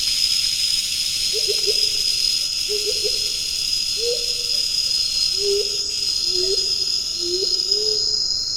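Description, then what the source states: Black-faced coucal calling, a series of low, hollow notes repeated roughly once a second over a loud, steady high hiss. Bohol, Philippines, 10 March 2012.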